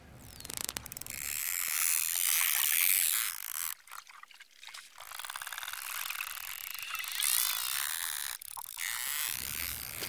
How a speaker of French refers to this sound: Oui, notamment les sons, ils peuvent émettre trois types de sons. Ils font des clics d'écholocation.